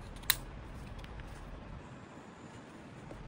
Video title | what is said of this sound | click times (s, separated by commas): 3D-Printed a MagSafe Keyboard for iPhone — Retro BlackBerry Vibes 🔥 | Then just line up the printed tab and press it in until it clicks. | 0.3 s